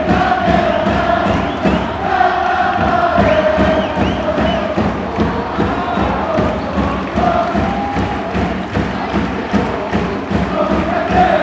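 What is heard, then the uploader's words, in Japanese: Stadium crowd behind the goal chants and sings steadily, dense overlapping voices with rhythmic claps or drum beats about twice a second, constant throughout. FC東京vs名古屋グランパス。録音場所 味の素スタジアムホームゴール裏2F。録音機材 ローランドR-09。録音設定 AGC：OFF、EXT MIC TYPE：STEREO、LOW CUT：ON、MIC GAIN：LOW。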